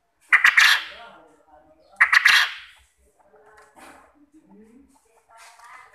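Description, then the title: Quail calls: two loud stuttering bursts near the start, followed by quieter scattered notes. Quail call used as a lure to get quail to answer and call actively. "Burung Puyuh Mana Yang Tidak Nyaut Dan Gacor Dengan Pancingan Ini"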